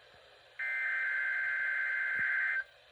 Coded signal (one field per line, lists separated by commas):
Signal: Emergency Alert System (SAME) tones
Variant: header bursts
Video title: EAS 33: Required Weekly Test